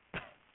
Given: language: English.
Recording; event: throat vibration sensor signal played as sound; cough